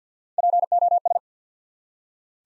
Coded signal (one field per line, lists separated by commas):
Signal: Morse code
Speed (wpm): 50 wpm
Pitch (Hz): 700 Hz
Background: none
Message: POS